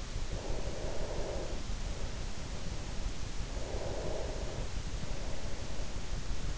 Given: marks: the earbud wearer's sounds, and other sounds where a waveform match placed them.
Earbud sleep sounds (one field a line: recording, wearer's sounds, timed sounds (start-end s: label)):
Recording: sounds in sleep by an in-ear microphone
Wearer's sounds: breath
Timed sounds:
0.13-3.24 s: breath
3.43-6.57 s: breath